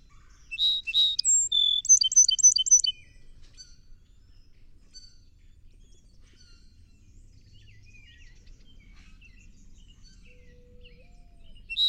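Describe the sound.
Song sparrow singing one phrase of two opening notes, a high whistle and a rapid trill, then quiet with faint chirps before another phrase begins at the end.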